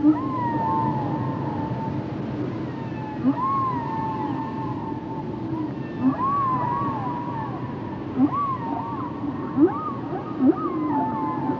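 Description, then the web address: Whale song of repeated arched whistles that rise and fall, interleaved with quick low upsweeps, more frequent toward the end, over continuous hiss. "Natures Songs Whale Songs Whales and Dolphins - whale nature sounds songs"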